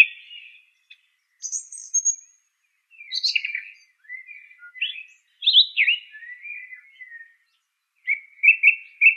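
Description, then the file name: Song thrush song: separate short phrases of whistles and harsher notes with gaps between, ending in a phrase of repeated notes. "suara kicauan burung song thrush. omkicau"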